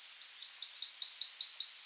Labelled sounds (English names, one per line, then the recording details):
Yellowhammer song
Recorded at under 5 m from the bird
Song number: 054